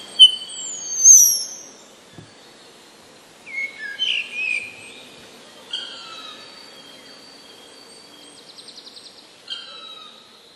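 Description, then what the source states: Common starling giving scattered high whistles, a squeaky twisting phrase, steady level whistled notes and a brief fine rattle, with pauses between phrases. Starling song containing borrowings imitating passerine birds.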